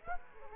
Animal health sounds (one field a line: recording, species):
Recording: mosquito wingbeat signal from an infrared sensor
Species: Aedes aegypti